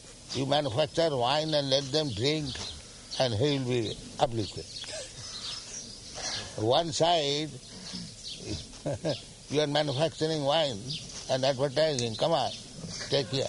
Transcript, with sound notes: You manufacture wine and let them drink, and he will be uplifted. One side, [chuckles] you are manufacturing wine and advertising, "Come on, take here,"